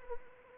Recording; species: mosquito wingbeat signal from an infrared sensor; Anopheles arabiensis